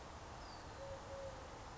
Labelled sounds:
Eurasian Collared Dove
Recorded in Sonoma County, California

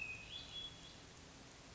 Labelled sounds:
Hermit Thrush
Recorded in Sonoma County, California

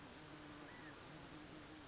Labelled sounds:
California Quail
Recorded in Sonoma County, California

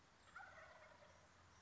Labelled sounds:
Wild Turkey
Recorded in Sonoma County, California

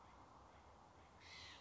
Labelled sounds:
White-breasted Nuthatch
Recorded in Sonoma County, California

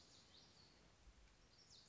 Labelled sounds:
Lazuli Bunting
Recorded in Sonoma County, California

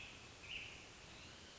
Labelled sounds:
American Robin
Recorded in Sonoma County, California

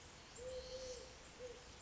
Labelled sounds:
Eurasian Collared Dove
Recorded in Sonoma County, California

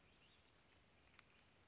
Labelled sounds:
Western Flycatcher
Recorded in Sonoma County, California

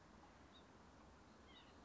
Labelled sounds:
White-breasted Nuthatch
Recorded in Sonoma County, California

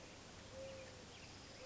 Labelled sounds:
Mourning Dove
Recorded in Sonoma County, California

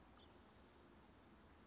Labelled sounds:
Western Flycatcher
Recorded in Sonoma County, California

